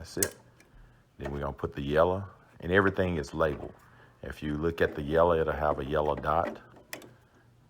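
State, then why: Seated. Someone talks while a yellow ink cartridge is lined up with its labeled slot in the carriage of an HP Officejet Pro 6968 printer. The cartridge is pushed in and snaps home with a short, sharp click at 6.9 seconds, seating it in place.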